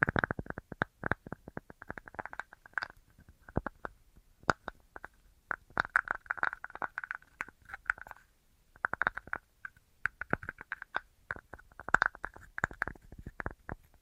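Tapping sounds in a quick, irregular assortment, sharp clicks landing in clusters with brief pauses between bursts. The taps ring with a mid-pitched hollow tone and bright clicky edges, thickening around six to eight seconds and again near twelve seconds.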